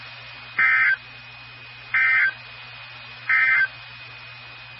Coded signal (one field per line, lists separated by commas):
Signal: Emergency Alert System (SAME) tones